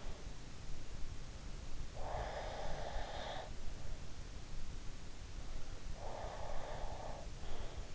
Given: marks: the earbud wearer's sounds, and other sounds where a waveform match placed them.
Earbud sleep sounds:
sounds in sleep by an in-ear microphone; breath
1.82-3.73 s: breath
5.99-7.74 s: breath

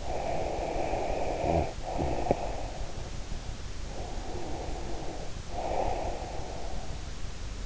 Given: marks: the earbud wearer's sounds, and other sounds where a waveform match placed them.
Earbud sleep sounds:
sounds in sleep by an in-ear microphone; breath
0.00-2.90 s: breath
3.70-7.00 s: breath

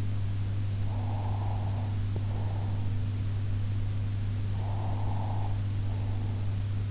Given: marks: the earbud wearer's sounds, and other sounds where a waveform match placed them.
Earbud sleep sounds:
sounds in sleep by an in-ear microphone; breath
0.80-2.94 s: breath
4.46-6.51 s: breath

